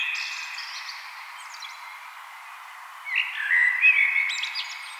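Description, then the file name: Common blackbird singing a faint phrase at the start, then after a quiet gap a clearer low warbled phrase with a thin high twitter. "Turdus merula"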